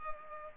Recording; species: mosquito wingbeat signal from an infrared sensor; Culex pipiens